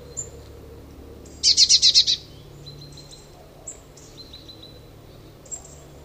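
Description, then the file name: Eurasian blue tit producing one short buzzy burst of about six rapid pulses, followed by scattered faint high chips and thin notes. "Cyanistes caeruleus"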